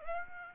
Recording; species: mosquito wingbeat signal from an infrared sensor; Aedes aegypti